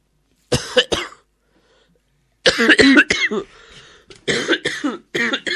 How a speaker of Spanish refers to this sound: Señor …, me parece que su tos está extralimitando el momento de relax que le hemos dado.